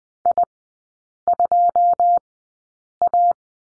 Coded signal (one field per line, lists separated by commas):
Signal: Morse code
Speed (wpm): 20 wpm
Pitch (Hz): 700 Hz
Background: none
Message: I2A